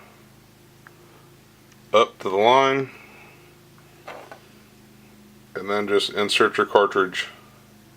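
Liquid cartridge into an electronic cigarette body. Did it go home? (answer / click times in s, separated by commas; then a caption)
no / none. A filled liquid cartridge for a Joyetech eRoll electronic cigarette vaporizer is being handled to be pushed into the device body. Someone talks, with a faint tick near 0.9 s and a couple of brief taps around 4.1 to 4.3 s. Nothing has seated or clicked yet.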